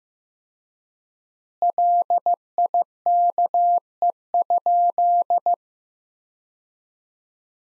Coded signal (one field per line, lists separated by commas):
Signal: Morse code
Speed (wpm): 16 wpm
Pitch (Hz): 700 Hz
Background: none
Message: LIKE?